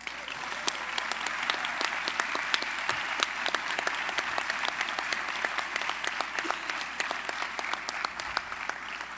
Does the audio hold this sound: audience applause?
yes